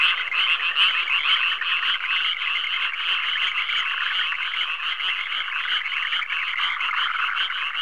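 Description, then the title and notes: Frogs croaking in a thick continuous chorus, rapid rattling notes overlapping so the sound hardly varies. "NHK Sound Effects Collection - 3-Frogs, Crickets, Cicadas, Horses, Dogs. NHK効果音集 - 3-カエル・虫・セミ・ウマ・イヌ"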